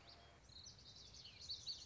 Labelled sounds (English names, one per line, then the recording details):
Common Yellowthroat
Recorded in Sonoma County, California